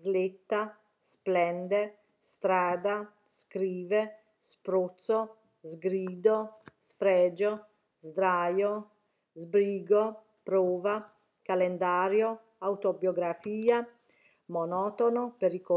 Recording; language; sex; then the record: read list of words; Italian; female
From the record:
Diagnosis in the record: healthy control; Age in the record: 61 years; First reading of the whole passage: 59 s, 8.5 characters per second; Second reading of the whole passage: 54 s, 7.6 characters per second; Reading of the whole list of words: 57 s, 4.9 characters per second